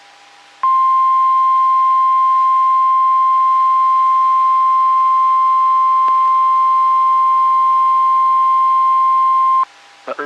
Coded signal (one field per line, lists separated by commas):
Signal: Emergency Alert System (SAME) tones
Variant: 1050 Hz attention tone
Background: speech